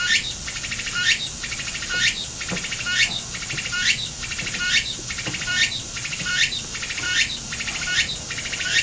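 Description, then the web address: Tsukutsukuboshi cicada song: rapid buzzing pulses broken into steadily repeated phrases, each closing with a sweep, continuing throughout. Heard singing on 17 August 2026 in Japan. "c-soumei-rengou 2026 08 17 ツクツクボウシが鳴いた ～操明の自然～"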